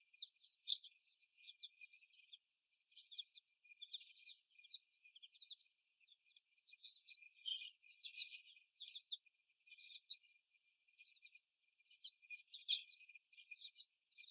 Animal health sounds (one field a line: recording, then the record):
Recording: young laying hens in a cage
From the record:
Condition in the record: after the stressor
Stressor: simulated dog barking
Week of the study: 1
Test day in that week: 1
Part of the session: 1